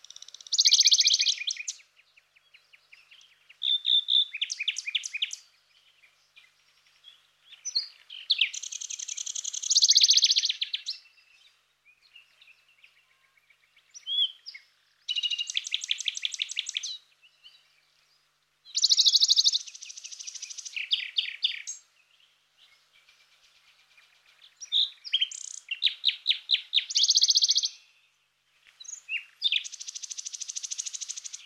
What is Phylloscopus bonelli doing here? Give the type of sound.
song